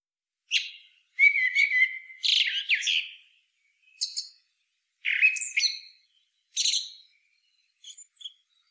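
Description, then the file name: Common blackbird giving a run of high, scratchy chattering phrases, one starting with a flat thin whistle, separated by brief silences, ending in faint squeaky notes. "Turdus merula"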